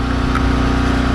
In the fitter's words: gonna place it inside the ignition coil press down into it clicks and then